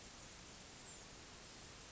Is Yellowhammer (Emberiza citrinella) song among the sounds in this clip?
no